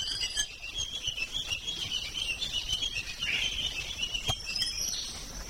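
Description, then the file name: Matinan flycatcher giving a continuous chattering series of high, thin notes throughout, with a constant shrill insect drone behind. "sikatan matinan"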